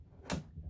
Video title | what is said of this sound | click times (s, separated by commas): HOW TO HOOK UP BLUETTI'S AC300 B300 FUSION BOX TO GET 240V 30AMP POWER 💥🔋 🔋💥 #love #survival #solar | now you heard that click then what you do is then you you lock it into place | 0.3 s